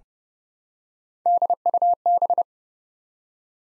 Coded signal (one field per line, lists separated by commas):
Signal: Morse code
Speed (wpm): 29 wpm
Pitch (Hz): 700 Hz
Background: none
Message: DUB